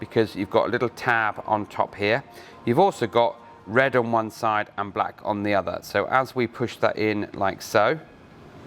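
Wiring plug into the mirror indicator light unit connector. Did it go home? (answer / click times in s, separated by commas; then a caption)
no / none. A wiring plug for the dynamic side indicator light unit on a Fiat Ducato mirror is lined up by its small tab on top and its red and black sides, then pushed toward the mating plastic connector. Someone talks throughout, and the plug has not seated or clicked yet when the clip ends.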